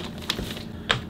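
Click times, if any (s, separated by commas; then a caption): 0.3 s, 0.9 s. The plastic cover piece on the recoil starter housing of an Echo CS-400 chainsaw is pressed carefully into position. Two sharp plastic snaps are heard at 0.3 and 0.9 seconds, the second louder, over a low background hum. The cover snaps in and is seated.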